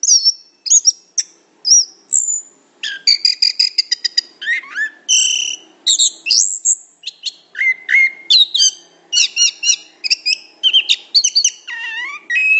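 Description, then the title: Orange-headed thrush song: varied medley of high whistles, buzzy rattles and slurred notes, some rising and some falling, in short bursts with brief gaps. Described with the Indonesian term 'gacor', used for a bird in full, continuous song. "Anis Kembang Gacor"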